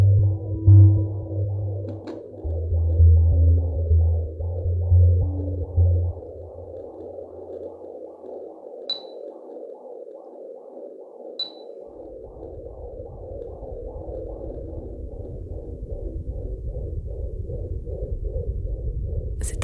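Fetal heartbeat heard through a home fetal Doppler: a medical, maternity sound that does not exist in nature.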